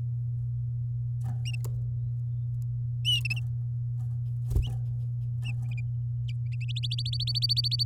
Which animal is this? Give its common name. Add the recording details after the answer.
Domestic Canary. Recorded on 10 May 2018 at 11:19. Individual llb16